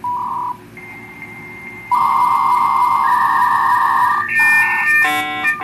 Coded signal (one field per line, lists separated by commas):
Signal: dial-up modem handshake